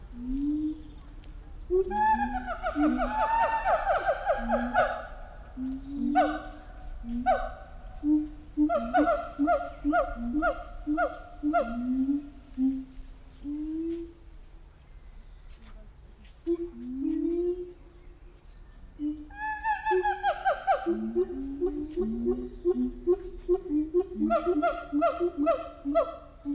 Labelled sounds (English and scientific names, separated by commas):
Siamang (Symphalangus syndactylus)